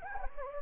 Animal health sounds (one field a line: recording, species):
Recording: mosquito wingbeat signal from an infrared sensor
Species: Anopheles gambiae